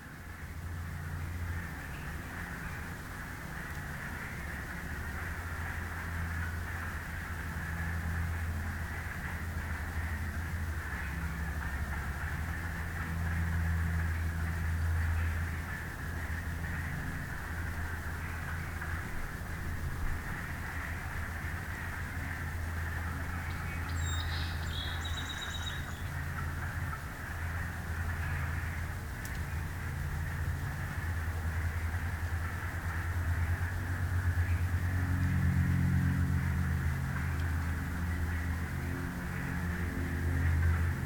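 A walk through a swamp in spring, with a steady frog chorus forming a continuous mid-pitched trill throughout. A deep, droning rumble like a passing vehicle or train runs underneath the whole time, swelling slightly near the end. A brief bird chirp appears around 26 seconds.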